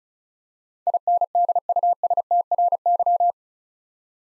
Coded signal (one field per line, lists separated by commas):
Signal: Morse code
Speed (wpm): 36 wpm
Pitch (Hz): 700 Hz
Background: none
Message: INDUSTRY